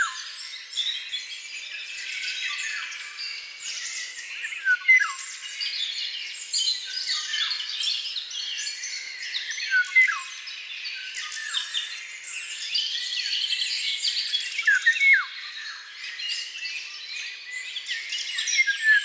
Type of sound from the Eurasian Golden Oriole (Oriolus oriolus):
song